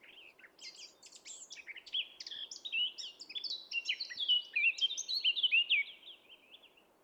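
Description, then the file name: Eurasian blackcap song: a scratchy, rapid warble of varied chirps that builds into clearer, fluty whistled notes toward the end. "Sylvia atricapilla"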